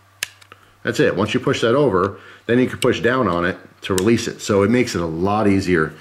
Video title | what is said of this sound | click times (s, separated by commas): Buck N Bear "Pirhana" Fixed Blade (Heavy Recurve D2) | in you're literally just pushing that over you can hear the click alright that's | 0.2 s